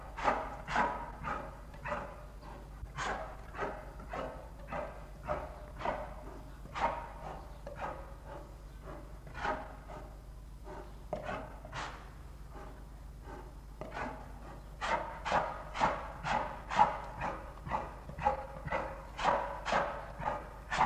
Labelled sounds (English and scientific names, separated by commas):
Brown Bear (Ursus arctos) snorting